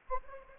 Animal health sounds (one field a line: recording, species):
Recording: mosquito wingbeat signal from an infrared sensor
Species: Anopheles arabiensis